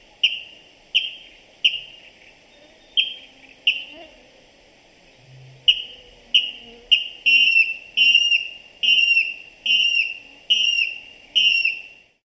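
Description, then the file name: Water rail giving sharp, clear piping notes in a repeated run, briefly pausing midway, then resuming faster. "Rallus aquaticus"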